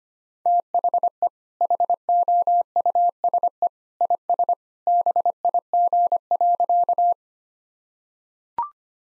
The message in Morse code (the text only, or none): THE HOUSE IS BIG.